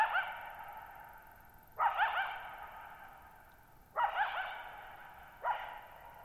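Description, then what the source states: Coyote barks repeated every two seconds or so, each a rough, wavering yelp that rings out and slowly dies away in echo. Lone coyote at night, July 14, 2019, Thirtymile Meadows, Okanogan National Forest, Okanogan High Country, Pacific Northwest, 6400 ft (1950 m); high dry plateau, shallow-bowl meadow.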